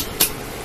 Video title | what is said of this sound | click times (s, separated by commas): Dyson 戴森 V6 吸塵器 簡易清潔保養篇 Part 1。中文 英文 雙字幕 內嵌影片 | 这样子就扣进去了过滤棉的部分就塞进去那集尘桶我们就把它装回去 | 0.2 s